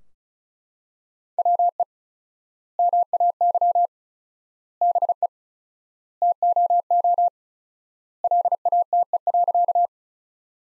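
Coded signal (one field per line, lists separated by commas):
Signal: Morse code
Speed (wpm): 34 wpm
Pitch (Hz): 700 Hz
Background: none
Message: WE MAY BE TOO LATE.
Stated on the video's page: Morse practice sentences from the top 300 words at 35 wpm with 4x word spacing, a word-based analogue of Farnsworth spacing.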